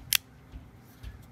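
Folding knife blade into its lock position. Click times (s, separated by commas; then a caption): 0.1 s. The metal blade of a Kershaw Shuffle 8700 multifunction folding pocket knife is pushed back one more step into its lock position and gives a sharp, bright second click at 0.2 s (0.15 s). Only faint low bumps follow. The blade is now fully locked and safe.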